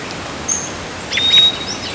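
Bird calls: a thin high whistle, then a quick burst of sharp chirps and a level whistled note, all over a steady hiss.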